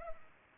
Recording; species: mosquito wingbeat signal from an infrared sensor; Culex pipiens